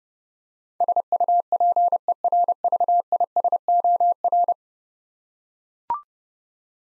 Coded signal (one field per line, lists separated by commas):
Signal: Morse code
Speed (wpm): 32 wpm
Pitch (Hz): 700 Hz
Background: none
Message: SUPERVISOR